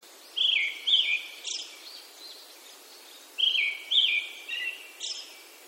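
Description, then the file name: Brown-headed thrush singing two fluty phrases of descending whistled notes, three seconds apart, with a soft trailing note and faint clicks. "akahara"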